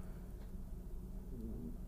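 Low, wavering rumble with a brief gurgling rise near the end: an adult's stomach growling audibly, ordinary gut activity.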